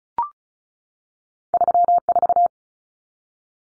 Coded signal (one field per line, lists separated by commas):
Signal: Morse code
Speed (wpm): 34 wpm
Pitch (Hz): 700 Hz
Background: none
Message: 34